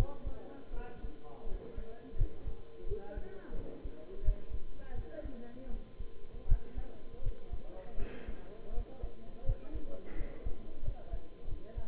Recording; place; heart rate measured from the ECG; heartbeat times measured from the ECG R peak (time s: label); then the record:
heart sounds by stethoscope; between the tricuspid and mitral areas; 84 bpm
0.72 s: heartbeat
1.46 s: heartbeat
2.16 s: heartbeat
2.85 s: heartbeat
3.53 s: heartbeat
4.22 s: heartbeat
4.93 s: heartbeat
5.68 s: heartbeat
6.46 s: heartbeat
7.21 s: heartbeat
7.96 s: heartbeat
8.71 s: heartbeat
9.44 s: heartbeat
10.14 s: heartbeat
10.82 s: heartbeat
11.46 s: heartbeat
From the record:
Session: bicycle stress test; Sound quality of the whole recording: good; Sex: male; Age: 23 years